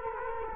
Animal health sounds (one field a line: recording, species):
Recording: mosquito wingbeat signal from an infrared sensor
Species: Culex quinquefasciatus